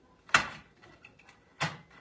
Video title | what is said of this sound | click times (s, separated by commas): DIY Grow Lights | they hear it kind of click in there so that's just the normal fluorescent and | 0.3 s